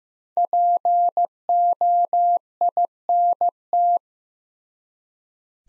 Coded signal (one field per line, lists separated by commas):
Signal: Morse code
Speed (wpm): 15 wpm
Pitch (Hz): 700 Hz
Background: none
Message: POINT